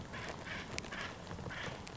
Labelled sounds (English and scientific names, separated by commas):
Acorn Woodpecker (Melanerpes formicivorus)